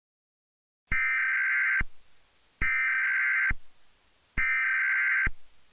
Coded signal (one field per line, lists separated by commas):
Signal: Emergency Alert System (SAME) tones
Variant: header bursts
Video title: EAS Scenario #3: When The Palm Trees Shake